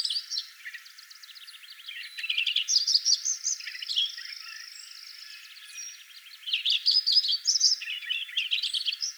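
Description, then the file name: Lincoln's sparrow song, high bubbly twittering phrases in two bursts, the first around the second to fourth seconds and another near the end, with soft chatter between. "Lincolns Sparrow singing"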